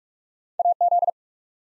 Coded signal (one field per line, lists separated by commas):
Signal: Morse code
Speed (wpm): 44 wpm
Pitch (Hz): 700 Hz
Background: none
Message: AZ